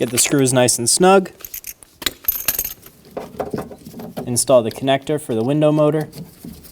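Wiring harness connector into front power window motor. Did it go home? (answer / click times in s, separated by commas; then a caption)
no / none. Someone talks while a wiring harness connector is handled at the front power window motor inside the door of a 2012–2020 Chevrolet Sonic, with a few brief sharp taps around 2.0 to 2.5 seconds. The connector has not seated or clicked into the window motor yet.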